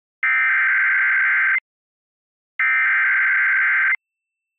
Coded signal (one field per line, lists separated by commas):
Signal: Emergency Alert System (SAME) tones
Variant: header bursts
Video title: WHRO PBS - Severe Thunderstorm Warning - EAS - 6/8/25 - 3:51PM